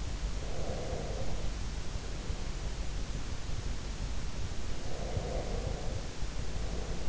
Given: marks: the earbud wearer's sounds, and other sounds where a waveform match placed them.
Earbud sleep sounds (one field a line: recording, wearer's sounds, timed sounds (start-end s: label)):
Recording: sounds in sleep by an in-ear microphone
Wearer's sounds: breath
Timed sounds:
0.60-2.29 s: breath
4.69-7.09 s: breath